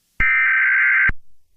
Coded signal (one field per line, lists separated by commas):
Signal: Emergency Alert System (SAME) tones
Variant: header bursts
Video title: Thomas's update EAS